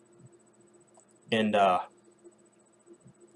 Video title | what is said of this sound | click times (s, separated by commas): Sig Sauer SP2022 - Testing Concealed Carry | But it's as simple as pulling that hammer back just a tad, and you'll hear it go click, | 1.0 s, 1.1 s